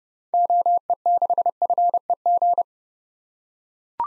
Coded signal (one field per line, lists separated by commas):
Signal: Morse code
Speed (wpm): 30 wpm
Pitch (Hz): 700 Hz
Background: none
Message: OE6FEG